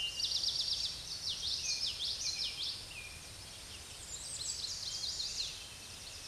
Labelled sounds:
Common Yellowthroat (Geothlypis trichas) song
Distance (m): 35 m
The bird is about 15 m above the microphone
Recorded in a Pennsylvania forest on 16 May 2024 at 06:39
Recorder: AudioMoth, point MSD-2304
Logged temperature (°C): 16.0 °C
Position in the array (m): 238 m, 173 m

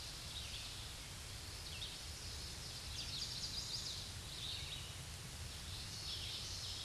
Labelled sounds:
Chestnut-sided Warbler (Setophaga pensylvanica) song
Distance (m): 65 m
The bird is about 10 m above the microphone
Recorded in a Pennsylvania forest on 16 May 2024 at 06:52
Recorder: AudioMoth, point MSD-1035
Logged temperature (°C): 16.3 °C
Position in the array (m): 173 m, 171 m

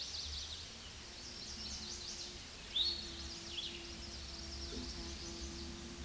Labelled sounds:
Eastern Towhee (Pipilo erythrophthalmus) song
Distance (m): 25 m
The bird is about 5 m above the microphone
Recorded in a Pennsylvania forest on 16 May 2024 at 09:05
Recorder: AudioMoth, point MSD-2061
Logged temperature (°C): 16.1 °C
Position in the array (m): 215 m, 168 m

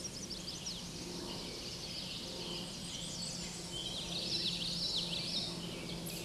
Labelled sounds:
Common Yellowthroat (Geothlypis trichas) song
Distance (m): 25 m
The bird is about 5 m above the microphone
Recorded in a Pennsylvania forest on 16 May 2024 at 08:05
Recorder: AudioMoth, point MSD-0215
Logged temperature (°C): 16.1 °C
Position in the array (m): 57 m, 145 m

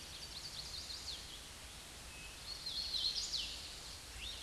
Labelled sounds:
Hooded Warbler (Setophaga citrina) song
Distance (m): 25 m
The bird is about 10 m above the microphone
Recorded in a Pennsylvania forest on 16 May 2024 at 08:55
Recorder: AudioMoth, point MSD-0814
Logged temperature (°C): 15.8 °C
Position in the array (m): 151 m, 134 m

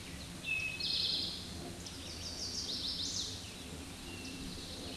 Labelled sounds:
Eastern Towhee (Pipilo erythrophthalmus) song
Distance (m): 30 m
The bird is about 5 m below the microphone
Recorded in a Pennsylvania forest on 16 May 2024 at 09:47
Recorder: AudioMoth, point MSD-2058
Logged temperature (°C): 11.8 °C
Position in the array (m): 105 m, 8 m

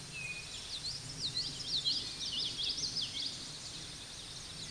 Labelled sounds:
Common Yellowthroat (Geothlypis trichas) song
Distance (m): 30 m
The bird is about level with the microphone
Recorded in a Pennsylvania forest on 16 May 2024 at 09:51
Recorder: AudioMoth, point MSD-2453
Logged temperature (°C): 16.3 °C
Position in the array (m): 225 m, 186 m

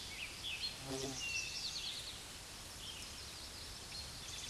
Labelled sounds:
Eastern Towhee (Pipilo erythrophthalmus) song
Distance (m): 35 m
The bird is about 10 m below the microphone
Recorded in a Pennsylvania forest on 16 May 2024 at 09:39
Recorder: AudioMoth, point MSD-1893
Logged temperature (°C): 16.6 °C
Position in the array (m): 3 m, 44 m

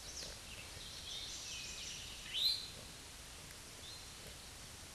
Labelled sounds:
Eastern Towhee (Pipilo erythrophthalmus) song
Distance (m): 10 m
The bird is about level with the microphone
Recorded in a Pennsylvania forest on 16 May 2024 at 09:49
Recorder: AudioMoth, point MSD-0192
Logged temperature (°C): 16.0 °C
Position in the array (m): 177 m, 55 m

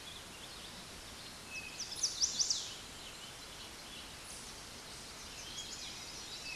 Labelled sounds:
Chestnut-sided Warbler (Setophaga pensylvanica) song
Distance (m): 25 m
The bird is about 10 m above the microphone
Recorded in a Pennsylvania forest on 16 May 2024 at 09:40
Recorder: AudioMoth, point MSD-1368
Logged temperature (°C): 12.5 °C
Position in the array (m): 13 m, 29 m

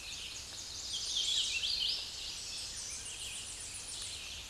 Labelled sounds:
Hooded Warbler (Setophaga citrina) song
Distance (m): 25 m
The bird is about 5 m above the microphone
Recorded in a Pennsylvania forest on 16 May 2024 at 08:17
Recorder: AudioMoth, point MSD-1411
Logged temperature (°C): 16.1 °C
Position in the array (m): 55 m, 173 m

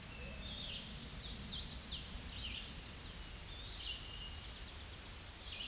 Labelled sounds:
Hooded Warbler (Setophaga citrina) song
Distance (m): 50 m
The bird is about 15 m above the microphone
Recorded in a Pennsylvania forest on 16 May 2024 at 07:38
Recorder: AudioMoth, point MSD-2201
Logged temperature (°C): 15.5 °C
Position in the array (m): 169 m, 103 m

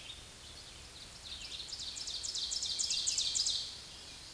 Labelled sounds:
Ovenbird (Seiurus aurocapilla) song
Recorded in a Pennsylvania forest on 16 May 2024 at 07:34
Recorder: AudioMoth, point MSD-1539
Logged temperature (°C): 16.0 °C
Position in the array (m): 168 m, -24 m

